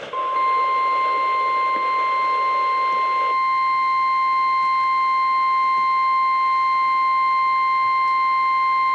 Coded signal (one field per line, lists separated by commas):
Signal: Emergency Alert System (SAME) tones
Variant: 1050 Hz attention tone